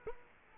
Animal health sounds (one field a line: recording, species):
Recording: mosquito wingbeat signal from an infrared sensor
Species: Culex quinquefasciatus